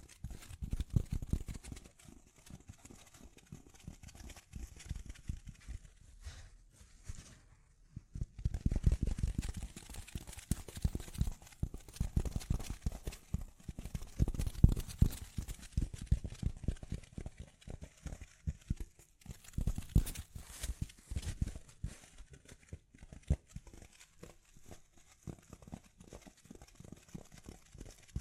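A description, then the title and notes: Gentle tapping in quick, uneven bursts, soft low thuds with a light crinkly edge. The taps come in dense clusters with brief lulls near 7 and 17 seconds, growing busier around 9 and 20 seconds, over a faint steady hiss. ASMR Gently Tapping. (No Talking).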